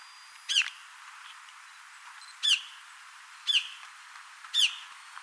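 Bird calls: four sharp, high, down-slurred chirps, each standing alone with a second or more of quiet between them.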